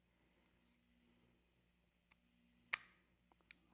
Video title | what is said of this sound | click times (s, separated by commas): Cleaning And Disassembly Of The Historical German Issued Browning Hipower | You hear that click? It's through on the other side. | 2.7 s